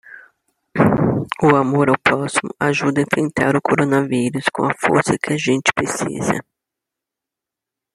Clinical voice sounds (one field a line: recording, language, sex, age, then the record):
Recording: spoken sentence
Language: Brazilian Portuguese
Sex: female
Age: 50 to 59 years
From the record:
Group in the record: control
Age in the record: 51 years